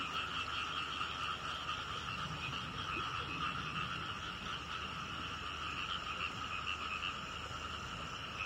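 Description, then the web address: Frog chorus droning continuously, overlapping calls merging into a constant buzzy hum at two steady pitches, with a faint low rumble underneath. Recorded 18 April 2020. "frog 20200418"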